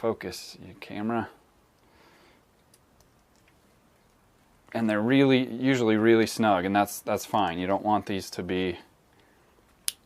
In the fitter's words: to be loose but they'll pop like like hopefully you heard that it snaps when they're in there